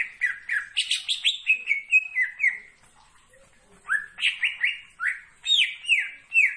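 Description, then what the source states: Leafbird song: rapid series of clear, falling whistled notes, a brief pause, then another burst of loud descending whistles. Bird singing actively, described as gacor, meaning vigorous continuous singing.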